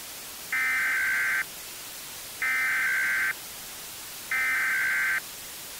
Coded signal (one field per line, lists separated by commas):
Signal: Emergency Alert System (SAME) tones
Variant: header bursts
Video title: EAS Mock Request - Tornado Warning